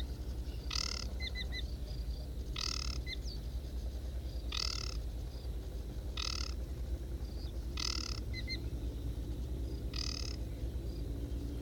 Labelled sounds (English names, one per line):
Aquatic Warbler song